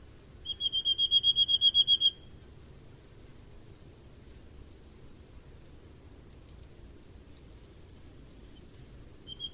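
Bird call: a fast, even trill of pure whistled notes lasting about a second and a half, then quiet, with another trill just starting at the end.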